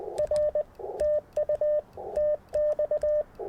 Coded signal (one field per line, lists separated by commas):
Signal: Morse code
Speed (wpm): 19 wpm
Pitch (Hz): 590 Hz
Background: none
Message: R TU TX